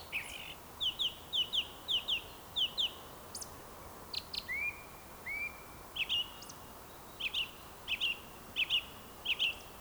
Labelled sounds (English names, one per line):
Eurasian Woodcock whistle